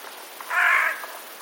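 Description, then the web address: Eurasian jay giving a single harsh, rasping screech lasting about half a second against a quiet background. Alarm calls, recorded 26 September 2021. "wroblowe ostrzegator sojka"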